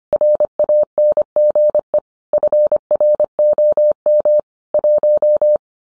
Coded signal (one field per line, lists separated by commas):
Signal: Morse code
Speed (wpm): 25 wpm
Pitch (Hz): 600 Hz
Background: none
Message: RANGE FROM 1